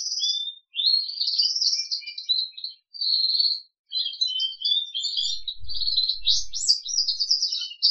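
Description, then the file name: Crested canary song, high whistled and buzzy phrases with slurred chirps and a few short pauses, and a brief low thumping noise late on. "audio kenari jambul"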